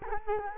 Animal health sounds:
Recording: mosquito wingbeat signal from an infrared sensor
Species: Culex quinquefasciatus

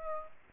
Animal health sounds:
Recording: mosquito wingbeat signal from an infrared sensor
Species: Aedes aegypti

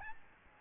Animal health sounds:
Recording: mosquito wingbeat signal from an infrared sensor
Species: Aedes albopictus

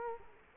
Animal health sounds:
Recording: mosquito wingbeat signal from an infrared sensor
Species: Culex quinquefasciatus

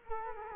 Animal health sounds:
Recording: mosquito wingbeat signal from an infrared sensor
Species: Culex quinquefasciatus

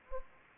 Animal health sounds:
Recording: mosquito wingbeat signal from an infrared sensor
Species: Anopheles arabiensis

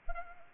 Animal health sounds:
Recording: mosquito wingbeat signal from an infrared sensor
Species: Anopheles arabiensis

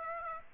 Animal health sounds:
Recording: mosquito wingbeat signal from an infrared sensor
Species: Aedes aegypti

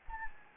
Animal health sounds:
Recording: mosquito wingbeat signal from an infrared sensor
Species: Anopheles gambiae

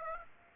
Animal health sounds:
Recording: mosquito wingbeat signal from an infrared sensor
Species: Aedes aegypti

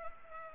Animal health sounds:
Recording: mosquito wingbeat signal from an infrared sensor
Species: Culex pipiens

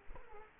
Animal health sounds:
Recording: mosquito wingbeat signal from an infrared sensor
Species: Culex quinquefasciatus

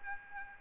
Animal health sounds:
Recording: mosquito wingbeat signal from an infrared sensor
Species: Aedes aegypti

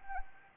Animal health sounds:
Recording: mosquito wingbeat signal from an infrared sensor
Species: Anopheles arabiensis

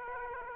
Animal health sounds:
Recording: mosquito wingbeat signal from an infrared sensor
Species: Aedes aegypti

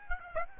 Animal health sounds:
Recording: mosquito wingbeat signal from an infrared sensor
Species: Aedes aegypti

